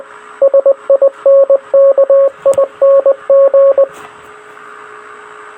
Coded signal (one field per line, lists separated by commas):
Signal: Morse code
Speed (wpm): 20 wpm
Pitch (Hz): 550 Hz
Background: radio noise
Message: SINKING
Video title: Titanic CQD Morse code *Free to use*